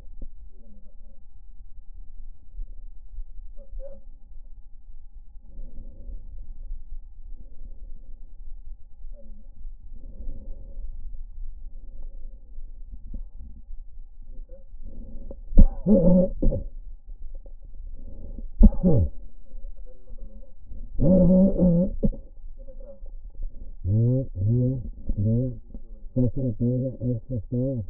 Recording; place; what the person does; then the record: lung sounds by stethoscope; left anterior apical chest; quiet breathing, then cough and speech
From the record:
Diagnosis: pulmonary infection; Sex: male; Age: 54 years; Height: 187 cm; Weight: 95 kg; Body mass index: 27.2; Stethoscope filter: diaphragm mode